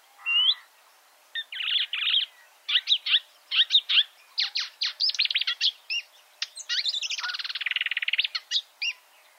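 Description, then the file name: Marsh warbler song beginning with a rising whistle, then chattering phrases and a long rapid buzzing trill, then more short notes. Chirping song. "suara-kicauan-burung-marsh-warbler -omkicau"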